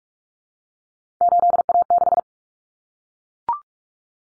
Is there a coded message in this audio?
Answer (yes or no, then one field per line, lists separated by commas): yes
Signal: Morse code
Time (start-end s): 1.2-2.2 s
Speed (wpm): 44 wpm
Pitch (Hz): 700 Hz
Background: none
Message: 8A6